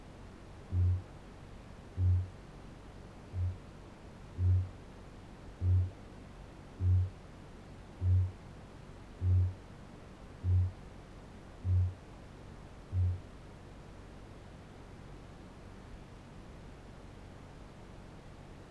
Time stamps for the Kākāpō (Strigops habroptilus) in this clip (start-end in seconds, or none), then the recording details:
0.00-13.23. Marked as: faintness 2/5. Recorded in New Zealand. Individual Barnard